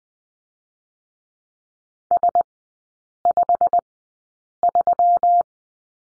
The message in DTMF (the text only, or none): none